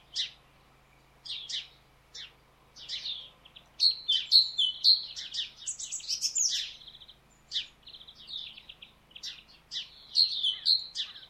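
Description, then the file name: Great tit singing two bursts of ringing two-note phrases amid a busy run of high chirps and clicks. "Parus major"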